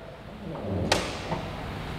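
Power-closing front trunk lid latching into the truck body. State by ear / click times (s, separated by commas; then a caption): seated / 0.9 s. The powered front trunk lid of a GMC Hummer EV electric pickup closes electrically with its button and latches into the truck body. A low motor-like hum builds during the travel, then a sharp latch hit at 0.9 s, followed by a fainter knock around 1.3 s. The lid is locked shut.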